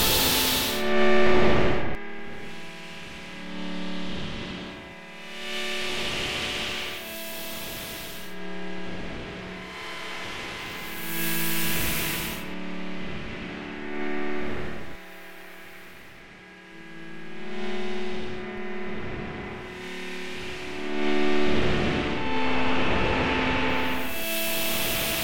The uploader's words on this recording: Experimenting with Harry Partch's Otonality in Supercollider using only sine feedback oscillator processed with Moog filter emulator + reverb.